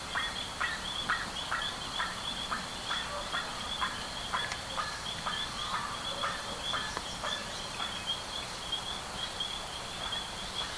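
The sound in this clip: Bird calls: a rapid string of soft, buzzy, clipped notes, about two a second, set against a persistent shrill hum.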